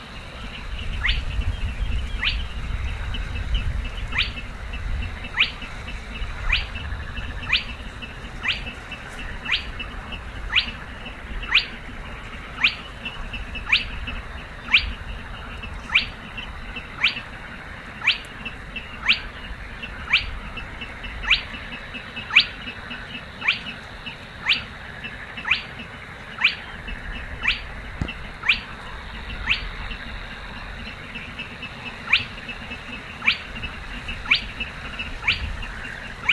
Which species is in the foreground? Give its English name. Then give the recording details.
Spotted Crake. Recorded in the wild. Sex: male. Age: adult. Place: Kützerhof, Kummerower See, Mecklenburg-Vorpommern, DE. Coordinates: 53.8539, 12.8664. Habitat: wetland. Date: 2009-05-28. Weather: bedeckt, schwacher Wind aus West, ca. 10°C. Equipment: Sound Devices 702, Sennheiser MKH 70, Rycote Windschutz. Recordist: Frommolt, Karl-Heinz